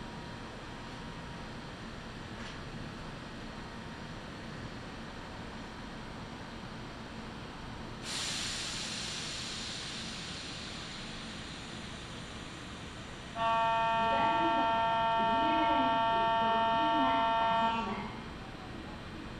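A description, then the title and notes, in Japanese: A Kintetsu Nagoya Line local train travels between stations, with a steady low rumble throughout. Around eight seconds a sharp hiss bursts in and fades slowly, and from about thirteen to eighteen seconds a loud chime-like tone plays over voices. 近鉄名古屋線各駅停車 川越富洲原→塩浜。車内はほぼガラガラです。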